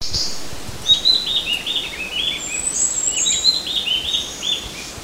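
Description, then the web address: Mountain wren-babbler giving rapid chattering notes, falling chip-like phrases in overlapping runs, over a high thin buzzing tone in the background. Recorded on Mount Kinabalu, 14 August 2009. "MTKINABALUBUKITULAR. mountain wren-babbler"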